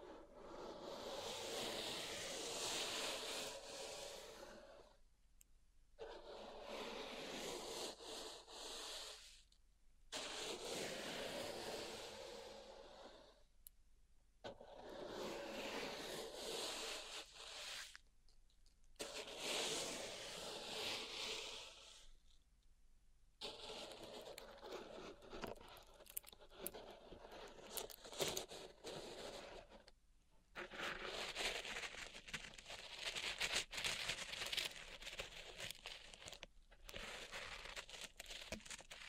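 Pink salt being raked in a zen garden, with dense, bright scraping strokes lasting several seconds each, separated by brief silent pauses.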